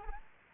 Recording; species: mosquito wingbeat signal from an infrared sensor; Aedes albopictus